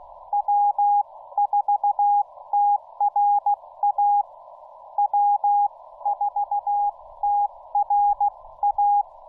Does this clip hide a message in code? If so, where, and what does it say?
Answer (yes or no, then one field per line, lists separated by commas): yes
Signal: Morse code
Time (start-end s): 0.3-9.0 s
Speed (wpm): 14 wpm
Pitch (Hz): 810 Hz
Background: none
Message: W4TRA W4TRA